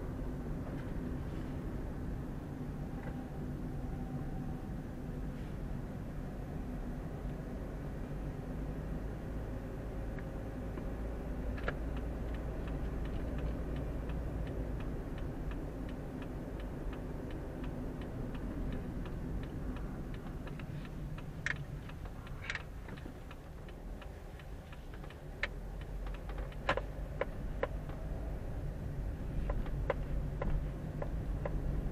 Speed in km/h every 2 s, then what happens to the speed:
28, 25, 22, 21, 22, 24, 26, 27, 27, 25, 17, 8, 7, 10, 13, 16.
0-5 slows to 21. 5-17 steady at about 24. 17-23 slows to 7. 23-32 speeds up to 16.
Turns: 0-7, 20-25.